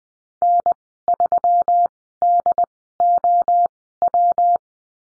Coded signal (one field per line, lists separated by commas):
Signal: Morse code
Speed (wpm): 20 wpm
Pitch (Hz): 700 Hz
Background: none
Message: N 3 D O W